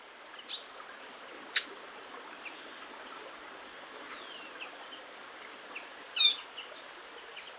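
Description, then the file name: Eurasian blackcap giving a few hard, clicking tac calls, one near the start and a stronger one later, with faint high chirps over a steady background hiss. "Sylvia atricapilla"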